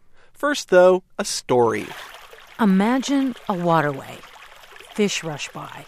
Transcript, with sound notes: First, though, a story.
(SOUNDS OF RUSHING WATER) Imagine a waterway. Fish rush by.